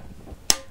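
A torque wrench set to 90 Nm tightens the timing pulley bolt on an engine crankshaft/camshaft, with the pulley wheel wedged by a lever bar against the cylinder head and wrapped in a cloth to avoid damage. Faint low rumble gives way to a single sharp, bright click at 0.5 s, which then fades quickly. The wrench clicks at its 90 Nm setting.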